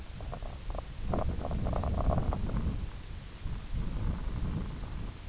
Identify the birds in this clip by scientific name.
none